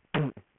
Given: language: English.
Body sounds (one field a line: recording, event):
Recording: throat vibration sensor signal played as sound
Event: throat clearing